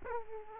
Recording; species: mosquito wingbeat signal from an infrared sensor; Aedes aegypti